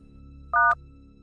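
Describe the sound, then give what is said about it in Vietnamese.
A phone call is abruptly hung up, ending with a single short electronic beep, steady and mid-pitched, standing out clearly over a faint low hum. “Điện thoại của ba cúp ngang, làm Khoa bực bội vô cùng.”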